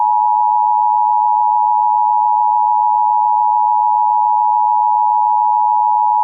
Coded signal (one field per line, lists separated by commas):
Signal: Emergency Alert System (SAME) tones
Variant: 853 and 960 Hz attention tone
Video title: Columbus Day Weekly Tests (EAS #13516-13521) 10/9/23